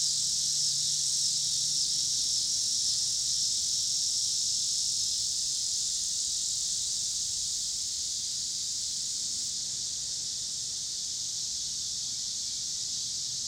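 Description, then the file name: Cicadas in a constant high-pitched buzzing drone, easing slightly in the second half, with a soft rumble of passing cars below. Pittsburgh, Pennsylvania; 26 August 2023; recorded alongside car traffic. "2023-08-26 cicadas and cars Pittsburgh PA"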